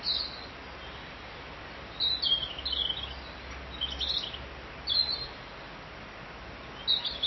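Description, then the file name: Bird chirps in short high bursts, grouped irregularly every one to three seconds, with a steady low hum and hiss beneath. "Vogel"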